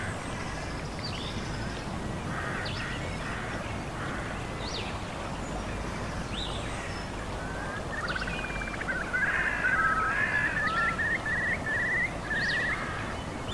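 A real recording of natural ambient white noise: a steady, dense hiss with a low rumble underneath runs throughout. Scattered bird calls and duck-like quacks sound over it, and from about eight seconds a busier stretch of chirping and chattering calls grows a little louder.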